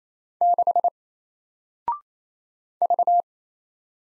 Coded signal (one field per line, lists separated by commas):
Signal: Morse code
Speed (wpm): 28 wpm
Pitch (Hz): 700 Hz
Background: none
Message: 6 V